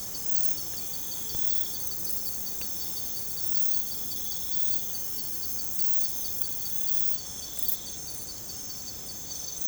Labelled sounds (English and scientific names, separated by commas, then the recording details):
none
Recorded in secondary vegetation near Puerto Asís, Putumayo, Colombia, on 20 December 2024 at 03:00
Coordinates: 0.468, -76.324
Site G095